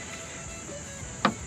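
A not-fully-seated mounting hardware piece of a TRAILGATER tailgate table is pushed by hand into its bracket on a Ford Bronco tailgate until it seats. Over a faint, steady music bed, a single short, sharp click lands at 1.3 s as the part goes home and seats.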